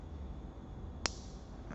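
An RJ45 plug on the second end of a UTP cable is pressed in a crimping tool over a steady low background hum. A sharp click at 1.1 s marks the plug seating, and a fainter tick follows at 1.7 s.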